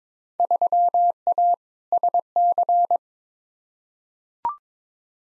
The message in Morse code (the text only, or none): 3A SC